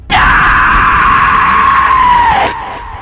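A woman lets out one long, loud, high-pitched scream of fear, held steady for over two seconds before it breaks off abruptly.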